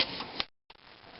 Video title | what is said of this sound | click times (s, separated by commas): Dell Dimension L667r Put together and how to build a PC | click in place then here's the Zip drive | 0.4 s